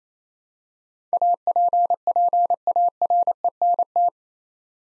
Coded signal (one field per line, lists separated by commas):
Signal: Morse code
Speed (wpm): 28 wpm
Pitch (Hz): 700 Hz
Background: none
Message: APPARENT